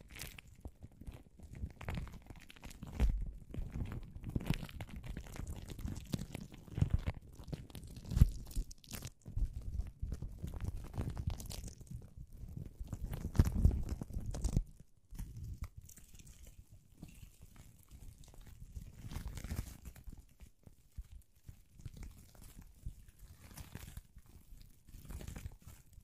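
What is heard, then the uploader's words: Plastic wrap rubs and crinkles against a microphone in a dense, irregular stream of crackles and low thumping handling noise. The activity is busiest and loudest through the first fifteen seconds, with a brief gap near nine seconds, then thins into quieter, sparser rustling. PLASTIC WRAP ON THE MIC (EXTRA TINGLY).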